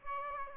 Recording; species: mosquito wingbeat signal from an infrared sensor; Aedes aegypti